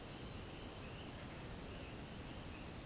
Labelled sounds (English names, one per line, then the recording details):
none
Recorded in pastures near Puerto Asís, Putumayo, Colombia, on 22 June 2025 at 09:30
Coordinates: 0.472, -76.331
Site G095